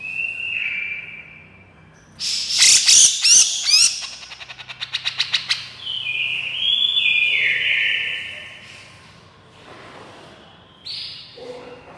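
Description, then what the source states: Grey-cheeked bulbul calls: a short whistled note, a loud harsh squawk, a quick rattling series of clicks, then drawn-out scratchy and whistled notes. Female bird.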